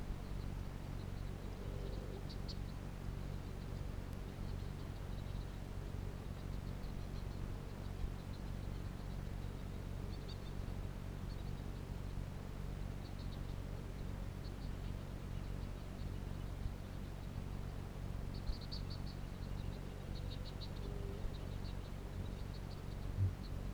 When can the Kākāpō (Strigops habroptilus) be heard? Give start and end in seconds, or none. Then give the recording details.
22.10-22.29, 23.05-23.37. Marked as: faintness 4/5. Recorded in New Zealand. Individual Piripi